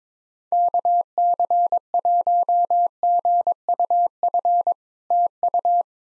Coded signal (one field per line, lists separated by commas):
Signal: Morse code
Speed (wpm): 23 wpm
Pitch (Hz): 700 Hz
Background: none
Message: KC1GUF TU